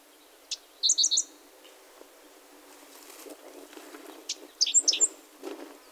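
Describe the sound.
Five-striped sparrow calls: a short burst of three high, sharp chipping notes near the start, then a second cluster of squeaky, high chips later, with quiet background hiss between.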